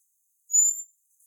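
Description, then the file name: Common blackbird: a single thin, high, level whistle, fading out after about a third of a second. "Turdus merula"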